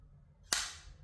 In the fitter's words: All right, so you hear that solid click.